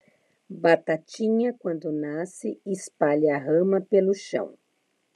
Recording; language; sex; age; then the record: short text; Brazilian Portuguese; female; 50 to 59 years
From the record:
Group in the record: control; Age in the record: 58 years